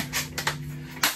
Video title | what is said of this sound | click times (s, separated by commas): YPS Permanent Puck Light Install | push it together, it locks in place, and that's a nice sealed system on your house, | 1.0 s